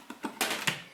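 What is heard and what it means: The plastic top shell of a Eureka Whirlwind upright vacuum's dust canister is hooked over the canister's front lip and pressed down after the filter is replaced. Several short plastic knocks are heard around 0.1, 0.3, 0.4 and 0.7 seconds. Nothing has seated or clicked yet.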